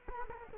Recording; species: mosquito wingbeat signal from an infrared sensor; Culex quinquefasciatus